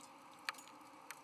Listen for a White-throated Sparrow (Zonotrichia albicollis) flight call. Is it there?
no